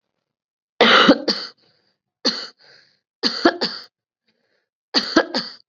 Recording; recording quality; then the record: heavy voluntary cough; excellent, no background noise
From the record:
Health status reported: COVID-19 positive, mild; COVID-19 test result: positive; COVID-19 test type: RT-PCR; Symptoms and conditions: cough, cold, fever, fatigue, muscle pain, another condition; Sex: female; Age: 25 years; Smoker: no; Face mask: not worn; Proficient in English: no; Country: India